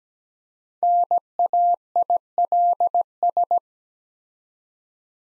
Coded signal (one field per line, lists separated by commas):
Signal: Morse code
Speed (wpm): 17 wpm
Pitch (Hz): 700 Hz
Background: none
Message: NAILS